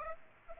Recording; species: mosquito wingbeat signal from an infrared sensor; Aedes aegypti